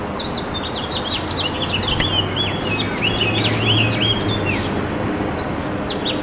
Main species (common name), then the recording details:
House Finch. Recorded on Long Island, New York, on 21 April 2011. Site SR. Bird E